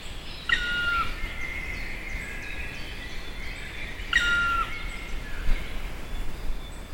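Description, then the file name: Black woodpecker calling twice with drawn-out, level whistled notes a few seconds apart, with faint thin calls from other birds and constant outdoor background hiss. Recorded at Kelheim on 30 May 2013. "Schwarzspecht 30 05 2013 Kehlheim KEH Daniel Honold"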